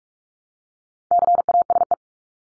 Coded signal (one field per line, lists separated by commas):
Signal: Morse code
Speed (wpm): 44 wpm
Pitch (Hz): 700 Hz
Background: none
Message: CASE